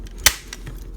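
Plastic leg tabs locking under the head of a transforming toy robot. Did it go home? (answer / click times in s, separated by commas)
yes / 0.3 s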